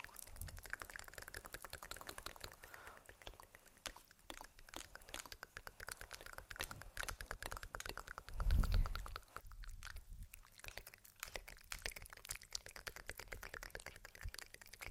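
Dense mouth sounds and light tapping crackle continuously, with many quick wet clicks and soft smacks layered together. The texture stays busy and even throughout, with a brief low thump just past the halfway point.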